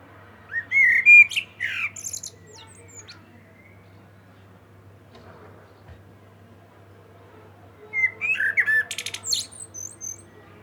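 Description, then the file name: Common blackbird song: two phrases, each opening with whistled warbling and finishing in a sharp, high-pitched twitter, with a long quiet gap between. "Turdus merula"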